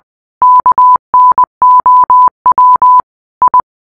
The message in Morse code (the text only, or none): KNOW I